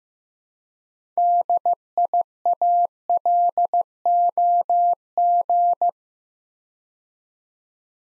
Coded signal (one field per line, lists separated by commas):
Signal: Morse code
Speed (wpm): 15 wpm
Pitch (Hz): 700 Hz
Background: none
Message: DIALOG